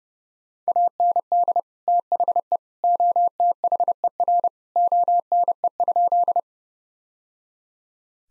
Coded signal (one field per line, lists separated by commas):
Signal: Morse code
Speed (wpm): 30 wpm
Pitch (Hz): 700 Hz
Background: none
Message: AND THE OTHER ONE?